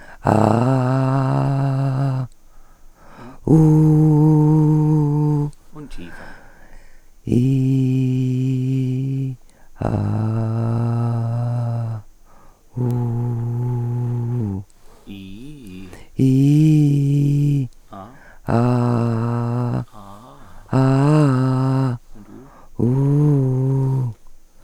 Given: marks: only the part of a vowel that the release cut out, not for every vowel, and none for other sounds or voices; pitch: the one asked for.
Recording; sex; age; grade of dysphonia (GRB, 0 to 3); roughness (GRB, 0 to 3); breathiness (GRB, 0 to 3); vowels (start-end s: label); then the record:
sustained vowels; female; 50 to 59 years; 2; 1; 2
0.34-2.09 s: vowel /a/, high pitch
3.67-5.35 s: vowel /u/, high pitch
7.42-9.20 s: vowel /i/, low pitch
9.87-11.19 s: vowel /a/, low pitch
12.95-14.50 s: vowel /u/, low pitch
16.28-17.55 s: vowel /i/, low-high-low pitch
20.80-21.87 s: vowel /a/, low-high-low pitch
22.84-23.99 s: vowel /u/, low-high-low pitch
From the record:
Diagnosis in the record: recurrent laryngeal nerve paralysis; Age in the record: 50 years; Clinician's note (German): Frische (8 Tage alt) links ohne Kompensation